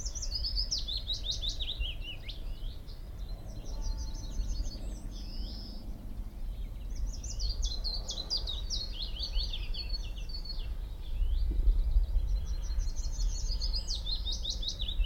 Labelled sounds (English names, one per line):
Willow Warbler